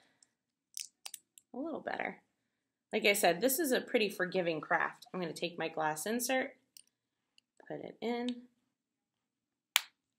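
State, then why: Seated. A glass cabochon insert is pressed into a metal pendant tray over a paper cutout. Someone talks, then a sharp click at 9.8 seconds marks the cabochon seating in the tray.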